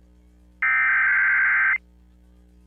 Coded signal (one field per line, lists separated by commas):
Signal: Emergency Alert System (SAME) tones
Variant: header bursts